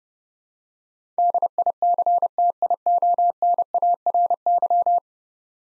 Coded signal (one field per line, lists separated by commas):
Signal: Morse code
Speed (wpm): 30 wpm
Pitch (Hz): 700 Hz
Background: none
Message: DICTIONARY